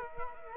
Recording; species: mosquito wingbeat signal from an infrared sensor; Culex quinquefasciatus